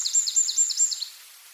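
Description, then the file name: Eurasian wren calling with a quick series of about six high, thin descending chirps, delivered in rapid succession over roughly one second, then quiet. "Troglodytes troglodytes"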